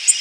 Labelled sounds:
Tennessee Warbler flight call

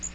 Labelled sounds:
Magnolia Warbler flight call

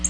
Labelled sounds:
Black-throated Blue Warbler flight call

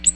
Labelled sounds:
Ovenbird flight call

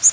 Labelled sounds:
Blue-winged Warbler flight call

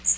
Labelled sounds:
Magnolia Warbler flight call

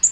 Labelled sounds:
Black-throated Green Warbler flight call

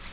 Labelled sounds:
Nashville Warbler flight call

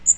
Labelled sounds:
Magnolia Warbler flight call

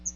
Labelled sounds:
Chestnut-sided Warbler flight call

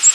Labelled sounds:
American Redstart flight call

